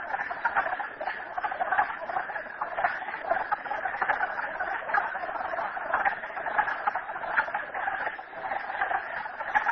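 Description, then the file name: Numerous frogs call together, a continuous pulsing rattle of overlapping croaks that carries on evenly for the whole stretch. Frogs at Merryspring. "frogs merryspring 42008"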